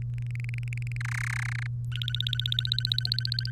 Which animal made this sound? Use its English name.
Domestic Canary